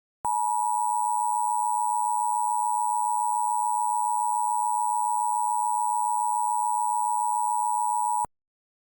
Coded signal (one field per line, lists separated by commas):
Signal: Emergency Alert System (SAME) tones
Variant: 853 and 960 Hz attention tone